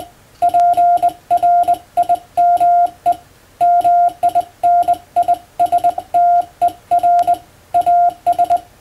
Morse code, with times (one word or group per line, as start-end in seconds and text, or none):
0.4-3.1 PRIME
3.6-7.3 MINISTER
7.7-8.6 AS